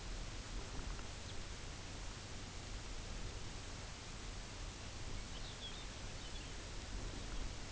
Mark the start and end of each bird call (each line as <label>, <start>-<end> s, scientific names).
Calcarius lapponicus, 1.19-1.43 s
Calcarius lapponicus, 4.89-6.62 s